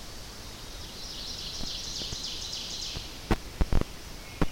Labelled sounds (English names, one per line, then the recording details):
Ovenbird song
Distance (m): 75 m
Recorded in boreal forest in Alberta, Canada, on 10 June 2016 at 07:48
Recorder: SongMeter 3, array SBT-3-39
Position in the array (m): 324 m, 145 m
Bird 19